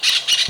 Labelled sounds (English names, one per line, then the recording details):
Brown-throated Parakeet contact call
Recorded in Venezuela
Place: Ocumare, La Boca, salina
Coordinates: 10.488, -67.763